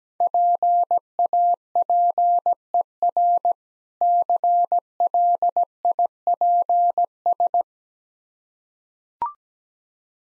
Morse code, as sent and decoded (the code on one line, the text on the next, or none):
.--. .- .--. . .-. / -.-. .-.. .. .--. ...
PAPER CLIPS